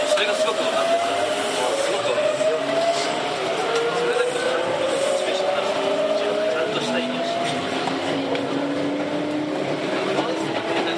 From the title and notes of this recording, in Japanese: 東急7700系 蒲田→五反田。東急7700系（7001F）蒲田→五反田。